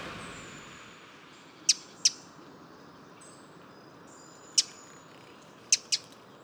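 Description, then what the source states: Eurasian Wren alarm call: five sharp, very high clicking ticks, single or in quick pairs, spread irregularly over several seconds against quiet background hiss. Autumn; woodland park in Paris, France; second alarm call, less alarming than the first.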